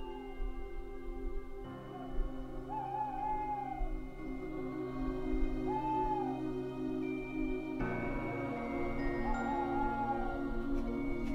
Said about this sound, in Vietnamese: Đâu đó ngoài kia, văng vẳng tiếng con cú lạc đàn kêu lên thê thiết.